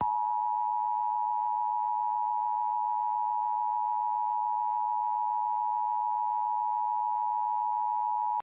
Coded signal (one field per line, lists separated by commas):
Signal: Emergency Alert System (SAME) tones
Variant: 853 and 960 Hz attention tone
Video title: California Nightmare (A EAS mini Scenario)